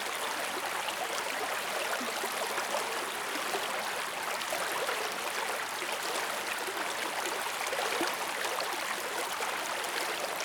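A river runs steadily, its water a dense, continuous rush with bright, crisp splashing and fizzing spread over the top. The level holds even throughout, with small rippling flickers but no distinct events or other sounds beneath the flow.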